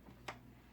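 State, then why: Seated. A plastic lid is pressed onto a food processor bowl of raw cauliflower and snaps on with a single short, sharp click at 0.3 s. The lid is seated in place.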